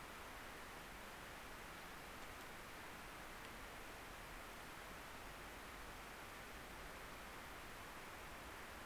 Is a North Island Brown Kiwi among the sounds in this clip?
no